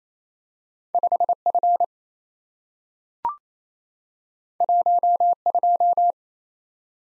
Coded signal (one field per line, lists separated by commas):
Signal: Morse code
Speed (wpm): 28 wpm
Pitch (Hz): 700 Hz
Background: none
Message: 5F 12